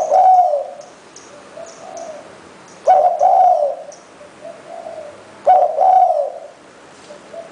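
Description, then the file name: Spotted dove cooing in repeated two-part phrases about every two and a half seconds, softer coos between them, with faint high chirps from other birds. "นกเขาใหญ่"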